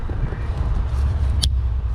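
A new EWS immobilizer antenna ring for a 2001 BMW is pressed by hand onto the ignition key tumbler housing, with its small sensor on the other side of the housing's little tang. Over a steady low rumble, a single sharp snap is heard at 1.4 seconds as the ring clicks into place. The antenna ring is seated.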